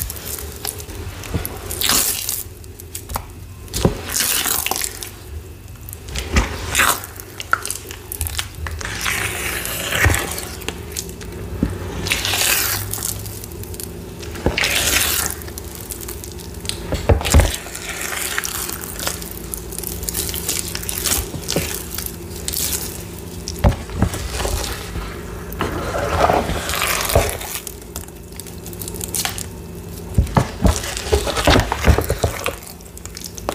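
Purple cornstarch paste is crushed and mixed, with irregular squishing and crackling bursts, sharp snaps near 10, 17 and 24 seconds, and a steady low hum.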